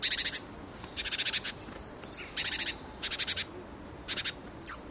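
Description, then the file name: Great tit giving harsh, buzzy churring calls in short rattled bursts about once a second, with a few sharp high clicks between bursts. "Parus major"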